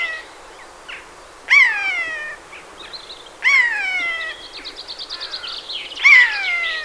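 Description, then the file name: Eurasian jay calls: three loud, hoarse, falling notes spaced a couple of seconds apart, separated by quieter buzzy and nasal chatter. "Garrulus glandarius"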